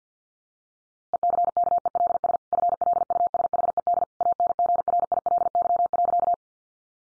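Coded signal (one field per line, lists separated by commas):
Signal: Morse code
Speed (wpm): 50 wpm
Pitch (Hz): 700 Hz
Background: none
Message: ECKELS FLUSHED ANGRILY.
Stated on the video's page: Head-copy sentence drill at 50 wpm, each sentence sent in Morse, spoken, then sent again.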